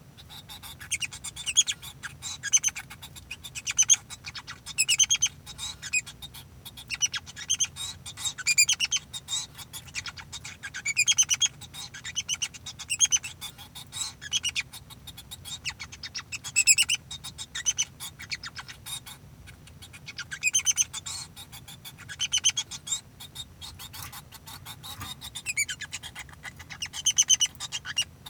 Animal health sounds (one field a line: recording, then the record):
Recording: song of a male Bengalese finch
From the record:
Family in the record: son of father 2